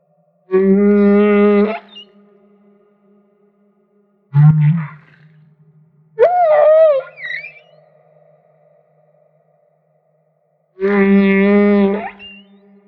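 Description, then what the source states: Humpback whale song: a long harmonic moan, a short low grunt, a wavering upswept cry, then another long harmonic moan after a pause. Maui.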